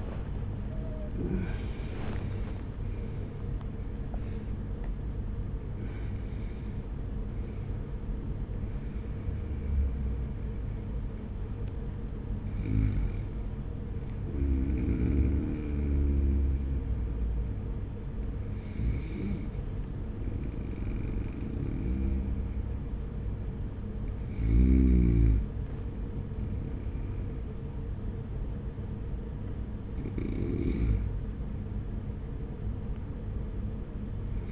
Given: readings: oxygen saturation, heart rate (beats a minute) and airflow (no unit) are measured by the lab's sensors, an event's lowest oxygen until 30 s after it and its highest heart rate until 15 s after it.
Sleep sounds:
breathing in sleep by a smartphone at the bedside; none
7.00-34.52 s: new sleep stage, N1 (lightest sleep)
From the record:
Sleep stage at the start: N2 (light sleep); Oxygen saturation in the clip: 81 to 97%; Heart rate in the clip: 45 to 84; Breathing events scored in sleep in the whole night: 210 in 6.9 hours asleep

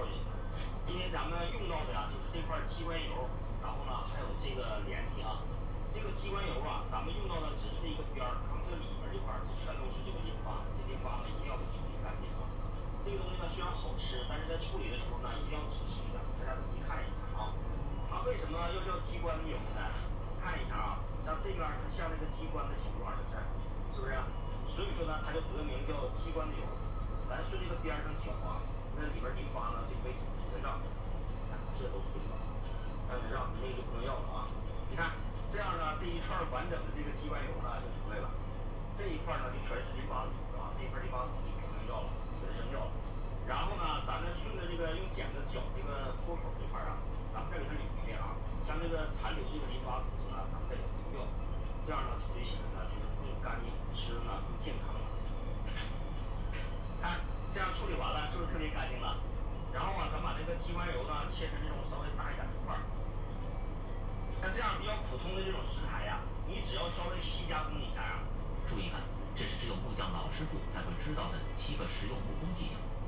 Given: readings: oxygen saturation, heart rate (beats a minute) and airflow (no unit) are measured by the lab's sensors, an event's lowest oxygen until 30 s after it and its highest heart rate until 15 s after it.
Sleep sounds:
a person awake in a sleep study, by a smartphone at the bedside; none
0.00-73.08 s: awake
From the record:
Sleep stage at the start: awake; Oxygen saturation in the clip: 92 to 93%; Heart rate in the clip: 60 to 68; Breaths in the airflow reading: 24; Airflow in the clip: -6.2 to 5.2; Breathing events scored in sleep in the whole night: 476 in 9.7 hours asleep

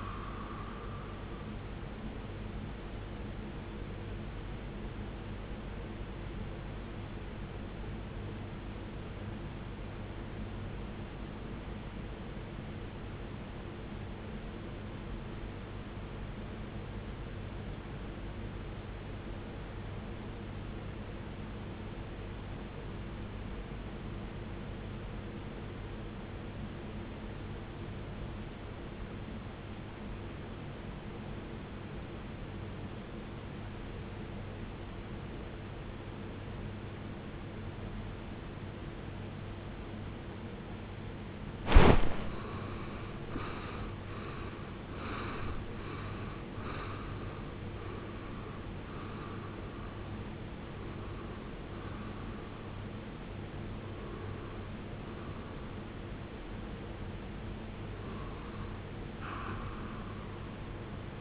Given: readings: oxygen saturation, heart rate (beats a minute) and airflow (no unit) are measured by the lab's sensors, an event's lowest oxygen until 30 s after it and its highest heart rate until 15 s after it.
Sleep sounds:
breathing in sleep by a voice recorder at the bedside; 1
6.00-36.00 s: new sleep stage, REM sleep
10.00-45.00 s: obstructive apnea (REM, oxygen 94% highest, then 78% lowest, heart rate 66 at the start, 73 highest)
36.00-61.21 s: new sleep stage, N1 (lightest sleep)
From the record:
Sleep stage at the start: N1 (lightest sleep); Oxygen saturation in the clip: 82 to 94%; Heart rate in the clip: 44 to 74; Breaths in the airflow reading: 7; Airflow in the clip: -20.1 to 16.4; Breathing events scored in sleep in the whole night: 389 in 6.3 hours asleep

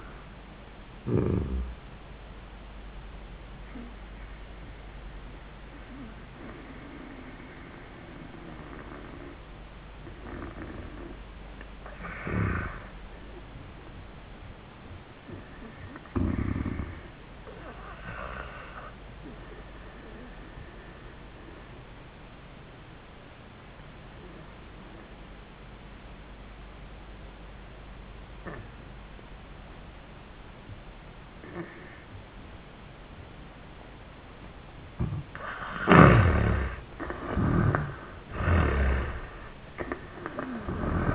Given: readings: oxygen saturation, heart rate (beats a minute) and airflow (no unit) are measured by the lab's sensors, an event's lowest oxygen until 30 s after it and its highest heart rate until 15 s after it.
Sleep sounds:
breathing in sleep by a voice recorder at the bedside; 1
6.00-36.30 s: obstructive apnea (N1, oxygen 97% highest, then 78% lowest, heart rate 72 at the start, 96 highest)
From the record:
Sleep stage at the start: N1 (lightest sleep); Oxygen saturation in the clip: 82 to 97%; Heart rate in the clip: 65 to 100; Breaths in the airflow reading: 3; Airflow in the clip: -16.8 to 12.4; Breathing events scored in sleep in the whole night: 400 in 8.7 hours asleep

